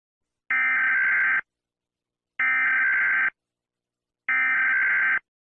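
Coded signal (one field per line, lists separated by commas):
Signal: Emergency Alert System (SAME) tones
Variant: header bursts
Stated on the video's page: Fictional EAS scenario mock, not a real alert.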